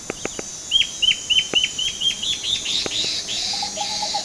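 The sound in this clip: Bird giving a fast series of sharp, down-slurred chirps, about four per second, with a few clicks early and a steady lower note near the end.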